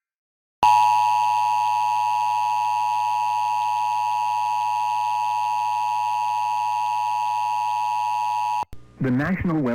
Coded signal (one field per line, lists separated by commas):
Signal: Emergency Alert System (SAME) tones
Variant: 853 and 960 Hz attention tone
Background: speech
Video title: EAS Alerts from September 9th, 2023 [EAS #1,063-1,081]